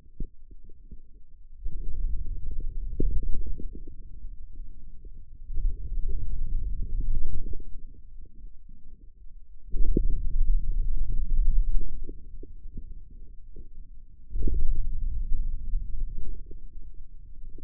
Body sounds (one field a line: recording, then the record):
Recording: forearm muscle sounds (acoustic myography)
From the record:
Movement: finger pinch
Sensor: system 2, bracelet of six BSWA MPA416 microphones around the upper forearm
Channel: 6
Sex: male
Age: 22 years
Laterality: right